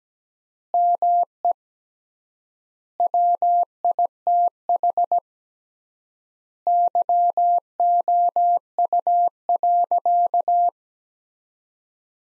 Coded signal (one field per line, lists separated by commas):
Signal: Morse code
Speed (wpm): 17 wpm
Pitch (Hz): 700 Hz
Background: none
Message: ME WITH YOU.